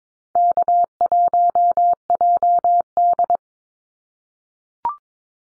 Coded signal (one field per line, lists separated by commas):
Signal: Morse code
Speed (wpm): 22 wpm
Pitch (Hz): 700 Hz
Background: none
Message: K1JD